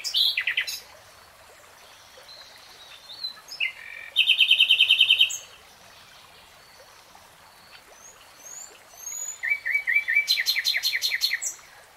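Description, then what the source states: Nightingale delivering several varied phrases separated by pauses: sharp chirps, a dense rapid trill, soft whistles, and a closing run of fast repeated notes. Singing in real time, not sped up.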